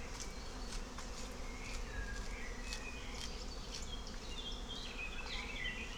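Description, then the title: Bees buzz steadily in the background while birds give quick whistled phrases. Bees in a forest in May, fine spring weather, with birds also very active; Klettenstieg, Rahlstedt, Wandsbek, Hamburg, Germany; recorded on an Olympus LS12 with a 'bathtub double-neck' microphone. "Klettenstieg, Rahlstedt, Wandsbek, Hamburg, 22143, Deutschland - Bienen und Vögel im Wald - im Mai"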